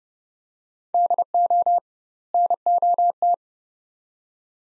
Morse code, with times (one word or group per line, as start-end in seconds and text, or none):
0.9-1.8 DO
2.3-3.3 NOT